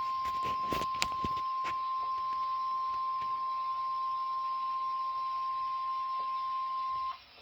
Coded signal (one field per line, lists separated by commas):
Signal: Emergency Alert System (SAME) tones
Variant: 1050 Hz attention tone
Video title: EAS#1 Michigan Statewide Tornado Drill+COVID19/CORONAVIRUS Mention NOAA Weather Radio Detroit, MI